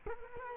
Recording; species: mosquito wingbeat signal from an infrared sensor; Culex quinquefasciatus